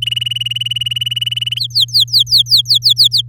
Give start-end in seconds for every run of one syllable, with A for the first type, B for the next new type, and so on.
0.02-1.59 A, 1.60-3.22 B